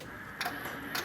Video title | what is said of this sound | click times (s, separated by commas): Van’s 1962 Ford Thunderbird - Bleeding & Finalizing top with John Kiszla, “The Lincoln Whisperer” | Click y that means it's locked and it's locked and it's locked | 0.4 s, 1.0 s